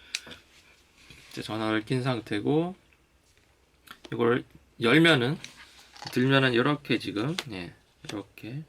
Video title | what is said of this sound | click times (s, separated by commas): 후지필름 X-T3로 카메라와 친해지기 2편:플래시,마이크 사용,전용케이스(Fujifilm X-T3 Flash/Mic/Leather Case Clip-2)[촬영기기 이야기] | 그래서 윗부분에 다가 이렇게 딱 이런 오면은 딸깍 소리가 나구요 | 0.1 s